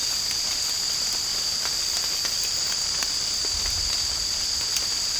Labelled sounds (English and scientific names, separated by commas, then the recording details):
none
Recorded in secondary vegetation near Puerto Asís, Putumayo, Colombia, on 8 March 2025 at 02:00
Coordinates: 0.502, -76.326
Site G100